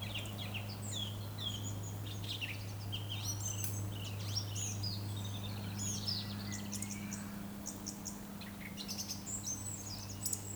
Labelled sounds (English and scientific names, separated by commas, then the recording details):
Eurasian Woodcock (Scolopax rusticola) whistle
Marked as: whistle, whistle, whistle
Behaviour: display flight
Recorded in Baden-Württemberg, Germany, on 15 June 2020 at 20:07 UTC
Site 14569, 102 m above sea level